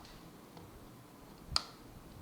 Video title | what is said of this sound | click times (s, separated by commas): unboxing Sony Xperia Z2 | so as you can see you heard the click so the magnet is in action | 1.6 s